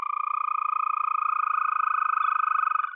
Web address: Green Toad